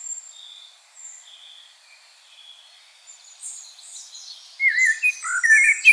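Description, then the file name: Common blackbird: faint thin high notes at first, then near the end a loud fluted phrase breaking into squeaky high twitters. "Turdus merula"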